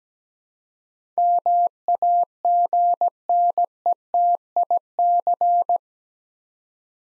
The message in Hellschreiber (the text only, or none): none